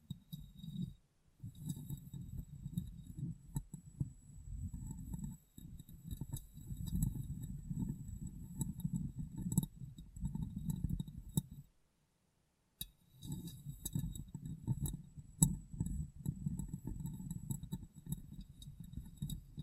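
Dense, rapid tapping and rubbing on glass, low and thuddy with faint bright ticks, pausing briefly near one second and around twelve seconds.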